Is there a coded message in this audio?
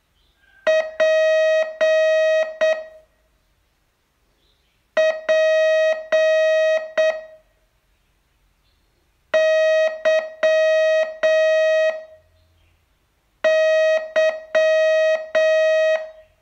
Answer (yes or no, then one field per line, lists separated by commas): yes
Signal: Morse code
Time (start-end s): 0.7-16.0 s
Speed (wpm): 7 wpm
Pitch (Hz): 630 Hz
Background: none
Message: P P Y Y